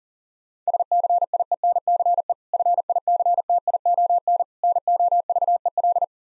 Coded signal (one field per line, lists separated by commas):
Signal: Morse code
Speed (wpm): 40 wpm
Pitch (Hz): 700 Hz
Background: none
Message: SCIENCE FICTION NOVEL